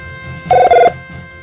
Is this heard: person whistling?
no